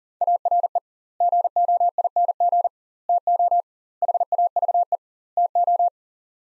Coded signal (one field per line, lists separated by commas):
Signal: Morse code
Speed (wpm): 40 wpm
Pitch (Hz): 700 Hz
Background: none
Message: ARE GOING TO HAVE TO